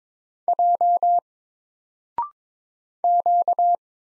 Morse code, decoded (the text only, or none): J Q